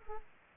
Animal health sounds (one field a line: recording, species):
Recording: mosquito wingbeat signal from an infrared sensor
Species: Aedes aegypti